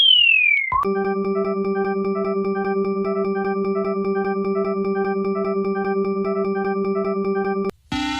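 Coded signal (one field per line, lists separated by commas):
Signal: none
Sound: synthesizer music beeps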